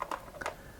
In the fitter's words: clicks that into place and then keeps the lens there.